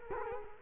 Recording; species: mosquito wingbeat signal from an infrared sensor; Culex quinquefasciatus